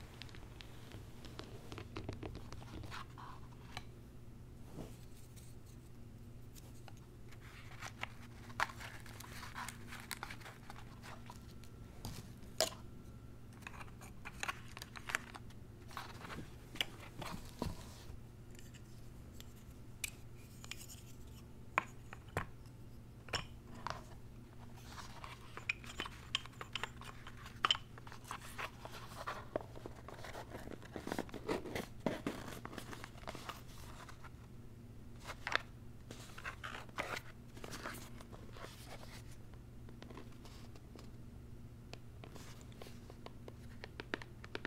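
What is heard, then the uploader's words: A zen garden is unboxed against a steady low hum. Short clicks, taps and scrapes of handling come irregularly throughout, with a denser rustling, scratchy stretch around the half-minute mark before the small sharp handling sounds resume. ASMR Icnbuys Zen Garden Unboxing No Talking.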